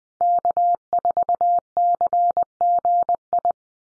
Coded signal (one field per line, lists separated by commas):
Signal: Morse code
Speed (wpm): 20 wpm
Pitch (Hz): 700 Hz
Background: none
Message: K4CGI